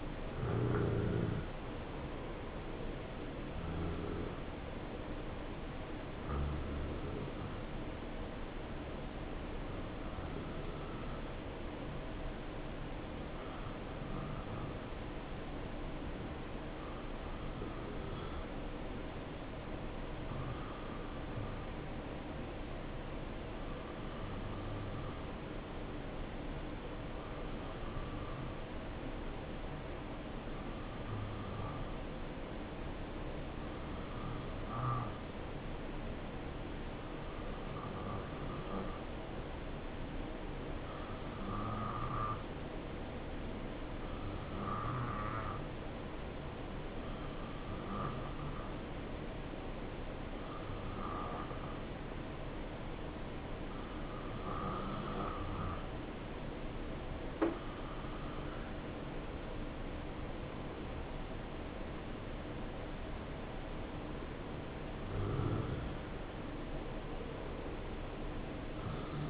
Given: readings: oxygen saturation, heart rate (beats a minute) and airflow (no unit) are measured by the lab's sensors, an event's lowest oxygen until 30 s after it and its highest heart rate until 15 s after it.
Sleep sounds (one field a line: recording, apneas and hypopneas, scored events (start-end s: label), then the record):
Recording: breathing in sleep by a voice recorder at the bedside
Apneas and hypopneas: 1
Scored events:
4.00-61.10 s: hypopnea (N2, oxygen 94% highest, then 90% lowest, heart rate 67 at the start, 70 highest)
From the record:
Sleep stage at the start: N2 (light sleep)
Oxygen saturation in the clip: 89 to 94%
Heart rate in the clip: 64 to 70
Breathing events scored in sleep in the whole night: 277 in 7.4 hours asleep